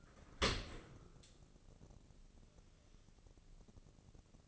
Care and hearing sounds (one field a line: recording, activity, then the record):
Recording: daily activity, microphone in the room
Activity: open dishwasher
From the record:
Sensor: 4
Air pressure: 1013.2 hPa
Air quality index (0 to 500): 171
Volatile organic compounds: 2 ppm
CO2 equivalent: 1077 ppm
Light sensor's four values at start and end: 64/159/65/66 and 65/162/67/67